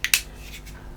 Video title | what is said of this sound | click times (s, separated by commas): Knipex Ergostrip review | the big boy which actually locks in place | 0.0 s, 0.1 s